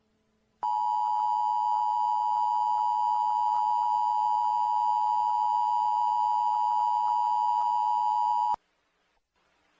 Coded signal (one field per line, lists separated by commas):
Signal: Emergency Alert System (SAME) tones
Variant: 853 and 960 Hz attention tone